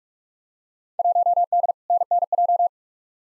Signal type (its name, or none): Morse code